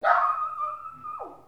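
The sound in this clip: Dog giving one drawn-out, high whining yelp that holds a steady tone for about a second, then drops sharply in pitch at the end.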